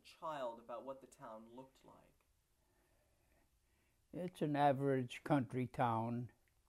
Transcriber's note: none